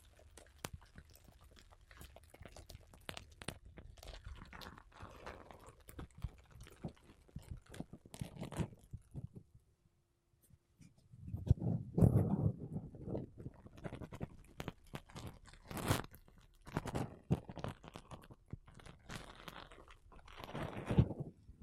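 Makeup brushes and a sponge scrape and rub across a mic in dense, crackly strokes, pausing near ten seconds before louder, fuller brushing resumes.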